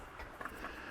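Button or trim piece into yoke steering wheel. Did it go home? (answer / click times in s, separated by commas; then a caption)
no / none. A button or trim piece is being handled on a Tesla Model 3/Y yoke steering wheel just before it is pressed in, with a steady, low background and a few faint handling rustles around 0.4 to 0.45 s and again near 0.65 s. Nothing has seated or clicked into place yet.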